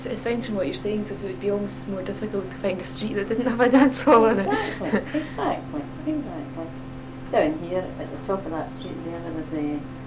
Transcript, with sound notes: It sounds from what you're saying that it would be almost more difficult to find a street that didn't have a dance hall in it. [laughs]
Exactly. Exactly. Down here, at the top of that street here there was eh,